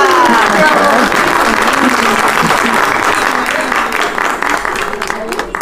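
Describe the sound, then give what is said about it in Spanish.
A group bursts into steady, loud applause for the newly elected president of the Vaso de Leche Committee of Santa Marta, a dense wash of many hands clapping for several seconds, with a few voices faintly mixed in before the clapping thins toward the end. “Aplausos para nuestra nueva presidenta del Comité del Vaso de Leche de Santa Marta.”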